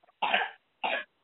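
Two harsh, noisy cough bursts about half a second apart, the first longer than the second, with thin, phone-limited sound quality. An adult older sibling with fever, toothache and sore throat; the cough has lasted a long time and is not getting better.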